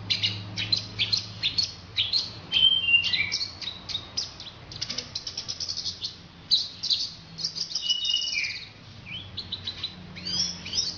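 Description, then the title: Orange-headed thrush song of rapid high chirps and scratchy phrases with an occasional whistled note, delivered in quick bursts. "Anis Merah"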